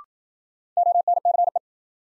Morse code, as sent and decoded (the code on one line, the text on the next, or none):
--- -. -.-. .
ONCE